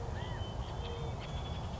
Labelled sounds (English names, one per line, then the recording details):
California Quail
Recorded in Sonoma County, California